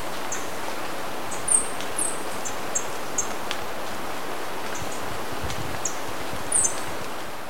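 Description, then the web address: Golden-winged manakin calls: brief, very high thin notes repeated at irregular intervals over a steady background hiss. Recorded in Ecuador. "Birds of Ecuador. Golden-winged Manakin"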